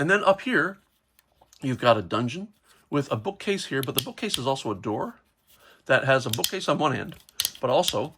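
A plastic bookcase door on a toy playset, which doubles as a dungeon door, is handled near its frame while someone talks. A few faint, brief handling ticks are heard around 1.2 to 1.5 seconds between the speech. Nothing has seated or clicked into place yet.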